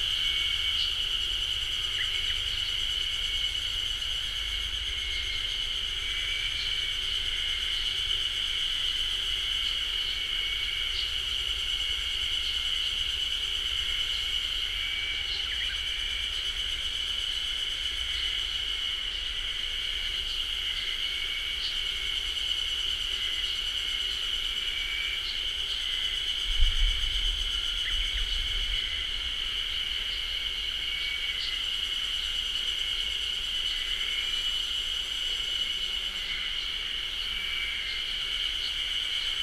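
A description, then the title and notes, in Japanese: A dense, unbroken chorus of cicadas fills a beech forest with a steady high buzz, a low rumble briefly rising near twenty-seven seconds. ブナ林のエゾハルゼミの合唱です。ZOOM H6。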